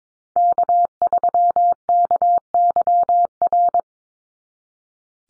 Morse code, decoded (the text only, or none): K3KYR